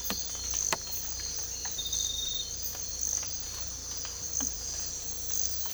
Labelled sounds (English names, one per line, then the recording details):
none
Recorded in dense forest near Puerto Asís, Putumayo, Colombia, on 18 December 2024 at 04:30
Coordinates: 0.484, -76.317
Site G026